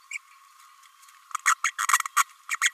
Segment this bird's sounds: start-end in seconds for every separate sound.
1.45-1.55, 1.64-1.71, 1.79-1.87, 2.16-2.25, 2.49-2.58, 2.61-2.72